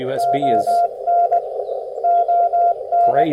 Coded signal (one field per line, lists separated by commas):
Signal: Morse code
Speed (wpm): 18 wpm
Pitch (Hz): 700 Hz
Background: speech, radio noise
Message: ON ON